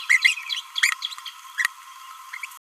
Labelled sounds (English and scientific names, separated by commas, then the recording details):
Green-rumped Parrotlet (Forpus passerinus) babbling
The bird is a male
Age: 29 days
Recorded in a nest box in Venezuela
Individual 17B31A1